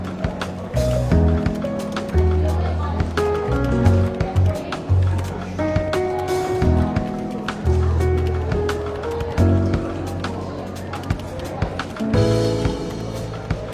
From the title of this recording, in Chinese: 伦敦书店咖啡馆轻微喧闹氛围与柔和轻松的爵士背景音乐